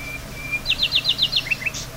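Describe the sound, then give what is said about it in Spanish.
A small bird chirps in a quick run of six sharp, high-pitched notes, followed by a couple of softer tweets, over a faint steady background hum. “Escuchar los pajaritos, mirar las estrellas, escuchar grillos.”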